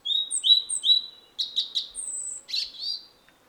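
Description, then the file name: European robin singing a rich, varied phrase: sliding high whistles, a few rapid stuttered notes, then a thin drawn note and tumbling warble. "Erithacus rubecula"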